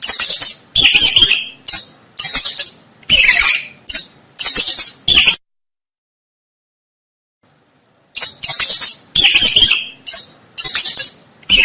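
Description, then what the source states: Mouse squeaking repeatedly in piercing, rasping bursts, broken by a silence of nearly three seconds before the squeaks resume. Mouse squeaking to help a baby fall asleep.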